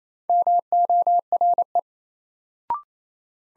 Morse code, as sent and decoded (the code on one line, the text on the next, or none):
-- --- .-. .
MORE